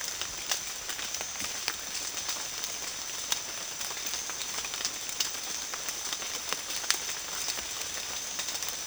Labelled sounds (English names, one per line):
none